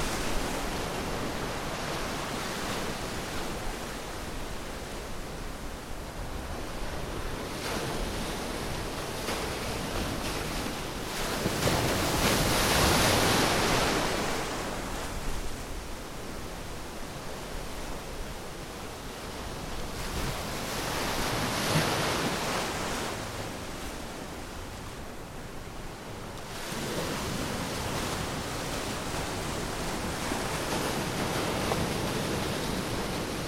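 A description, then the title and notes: Continuous sea noise at a pier, a dense, steady wash of surf and wind. Waves swell and break louder around 11 to 15 seconds and again near 20 seconds, with a brighter, rougher rush returning from about 26 seconds to the end. Muelle de Puerto Colombia.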